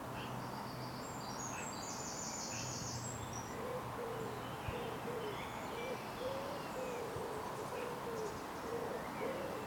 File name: Woods Ambience Summer Uk Birds Light Wind Through Trees Wings Flapping